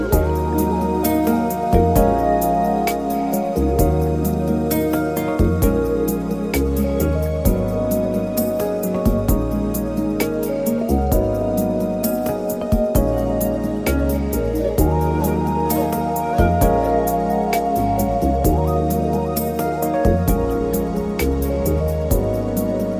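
Smooth jazz plays at an even loudness throughout, carried by a deep bass line that shifts notes every second or so. A steady, regular beat of crisp hits runs over held mellow tones and a soft melody in the middle.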